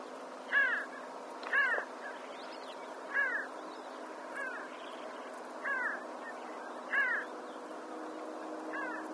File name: ganga cata